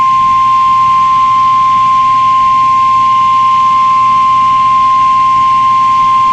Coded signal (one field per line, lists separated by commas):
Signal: Emergency Alert System (SAME) tones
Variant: 1050 Hz attention tone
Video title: EAS Wind Chill Warning on KIG86 from Charleston WV for Historic Pre-Christmas Blizzard 12-22-2022